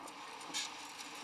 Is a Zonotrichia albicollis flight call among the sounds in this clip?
no